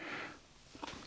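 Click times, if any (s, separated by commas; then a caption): 0.8 s. During reassembly of an over-under shotgun, a part, most likely the barrels, is fitted onto the receiver just before the forend goes on. A soft rushing rustle fades over the first third of a second, and then a sharp clack sounds at 0.8 s. The clack shows the part has seated in place.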